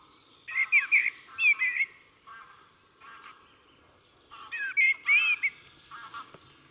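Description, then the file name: Common blackbird song in two phrases, low mellow warbles ending in high squeaky notes, with a thin high whistle between them. "Turdus merula"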